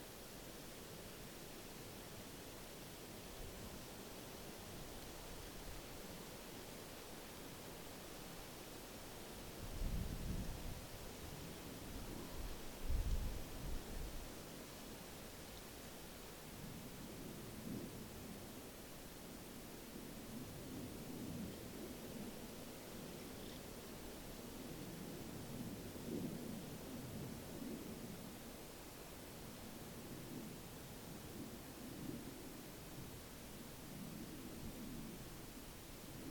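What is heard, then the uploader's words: A steady waterfall rushes in a dense, even hiss, with low gusts of wind swelling around ten to fourteen seconds and again later. Forest Wind & Waterfall White Noise. The gentle breeze through trees and the soothing cascade of a waterfall.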